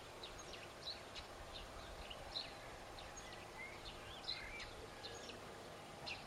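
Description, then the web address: Birds twittering, sharp high chirps and brief whistled notes scattered throughout, against a hiss of background noise. "cianscape. Deverinetal"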